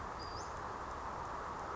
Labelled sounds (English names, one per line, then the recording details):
Western Flycatcher
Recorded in Sonoma County, California